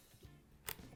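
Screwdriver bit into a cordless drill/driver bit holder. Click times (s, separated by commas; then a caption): 0.7 s. A screwdriver bit is fitted into the quick-release holder of a cordless drill/driver. A sharp, loud, short click is heard at 0.7 s, with softer handling sounds before and after. The bit locks into the holder and is seated.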